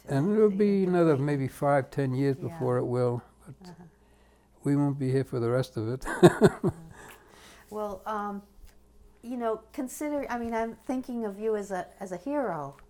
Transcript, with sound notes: And it will be another maybe five, ten years before it will.
Yeah. Uh-huh.
We won't be here for the rest of it. [Laughs]
Wow. Well, you know, consider — I mean, I'm thinking of you as a — as a hero.